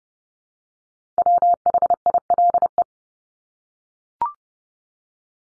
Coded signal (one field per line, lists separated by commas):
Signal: Morse code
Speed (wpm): 30 wpm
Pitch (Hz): 700 Hz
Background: none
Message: WHILE